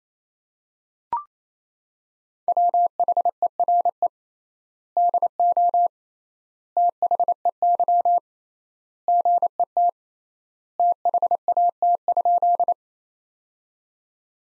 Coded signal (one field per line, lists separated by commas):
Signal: Morse code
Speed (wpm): 28 wpm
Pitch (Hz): 700 Hz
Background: none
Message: WHERE DO THEY GET THAT?